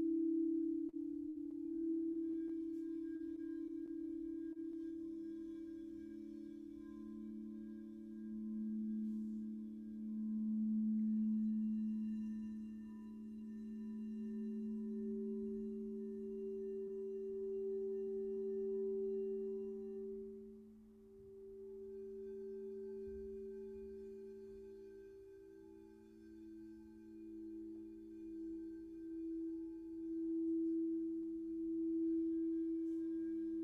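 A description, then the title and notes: Crystal singing bowls ring in a continuous, overlapping drone, with two strong low tones sustained throughout and fainter higher overtones above them. The sound swells and softens gently, dipping briefly around 21 and 26 seconds, with light strikes or touches near the start and end. This is a Crystal bowl healing sound bath by the wonderful Uschi Classen. The beautiful healing tones from the chakra tuned bowls create a serene and sacred environment.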